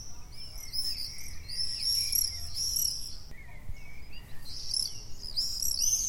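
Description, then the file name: Common swifts giving shrill, high screaming trills in overlapping bursts, one burst in the first three seconds and another after a brief pause, with faint low background rumble. Calls recorded on 6 June 2014. "Mauerseglerrufe MS 06-06-2014"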